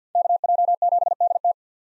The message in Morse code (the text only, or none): KJ7DT